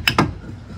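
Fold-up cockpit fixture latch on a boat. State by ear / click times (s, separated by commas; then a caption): released / 0.1 s, 0.2 s. On a 2023 Sailfish 316 Dual Console boat, the latch of a fold-up cockpit fixture that locks in place when raised is released as the fixture unlatches and folds down. Two sharp, ratchet-like mechanical clicks land at 0.1 s and 0.2 s, followed by a low, quiet background.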